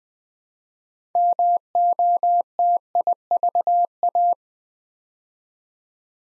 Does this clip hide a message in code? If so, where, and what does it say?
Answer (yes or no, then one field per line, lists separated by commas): yes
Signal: Morse code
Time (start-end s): 1.2-4.3 s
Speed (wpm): 20 wpm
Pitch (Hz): 700 Hz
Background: none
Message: MOTIVA